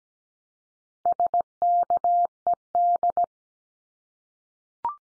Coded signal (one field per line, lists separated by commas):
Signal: Morse code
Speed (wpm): 17 wpm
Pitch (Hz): 700 Hz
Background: none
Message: SKED